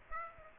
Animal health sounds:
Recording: mosquito wingbeat signal from an infrared sensor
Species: Aedes aegypti

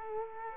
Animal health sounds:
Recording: mosquito wingbeat signal from an infrared sensor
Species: Culex quinquefasciatus

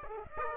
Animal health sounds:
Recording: mosquito wingbeat signal from an infrared sensor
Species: Aedes aegypti

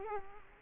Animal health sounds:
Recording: mosquito wingbeat signal from an infrared sensor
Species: Culex quinquefasciatus

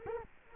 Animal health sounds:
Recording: mosquito wingbeat signal from an infrared sensor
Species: Culex quinquefasciatus

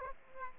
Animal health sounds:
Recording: mosquito wingbeat signal from an infrared sensor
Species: Aedes aegypti

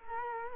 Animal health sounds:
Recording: mosquito wingbeat signal from an infrared sensor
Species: Culex quinquefasciatus

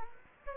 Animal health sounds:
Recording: mosquito wingbeat signal from an infrared sensor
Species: Anopheles gambiae

